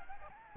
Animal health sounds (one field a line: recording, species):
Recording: mosquito wingbeat signal from an infrared sensor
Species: Aedes aegypti